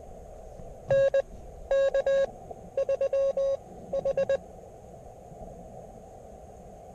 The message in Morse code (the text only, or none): N K 3 H